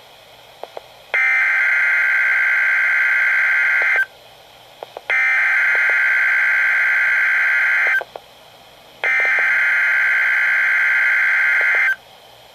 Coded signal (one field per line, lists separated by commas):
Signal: Emergency Alert System (SAME) tones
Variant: header bursts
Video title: 2 Severe T-Storm Warnings/2 Severe T-Storm Watches [QUAD HEADER - EAS #456-459] (8/5/2012)